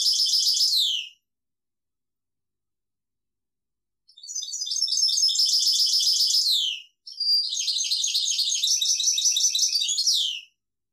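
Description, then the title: European goldfinch song: a trilled phrase ending in a falling slur, a pause of about three seconds, then two long twittering, buzzy runs back to back. "Chant Chardonneret"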